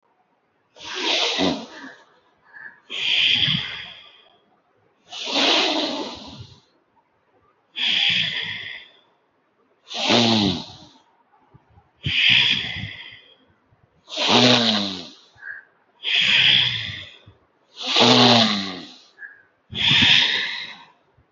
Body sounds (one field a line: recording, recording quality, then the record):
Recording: deep breathing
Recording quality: excellent, no background noise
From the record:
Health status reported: healthy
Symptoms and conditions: none ticked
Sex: male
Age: 57 years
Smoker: not ticked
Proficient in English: yes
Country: India